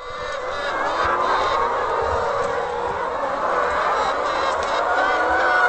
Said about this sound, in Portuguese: Fomos recebidos com uma verdadeira sinfonia pelas quase 1.800 galinhas. Elas são responsáveis pela produção de 120 dúzias de ovos por dia.